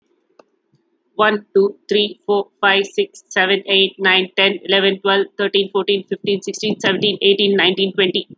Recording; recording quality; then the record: counting at a fast pace; excellent, no background noise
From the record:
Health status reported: healthy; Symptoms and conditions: none ticked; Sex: female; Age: 43 years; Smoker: not ticked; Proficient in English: yes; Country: India